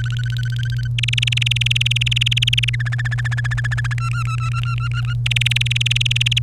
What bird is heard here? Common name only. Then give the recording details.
Domestic Canary. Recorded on 1 May 2018 at 10:29. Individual llb3